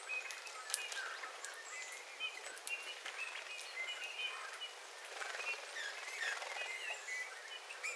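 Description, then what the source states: Eurasian bullfinch song: soft, short whistled and creaky notes scattered throughout, with faint clicking and crackling in the background. Several bullfinches singing, recorded 13 February 2026.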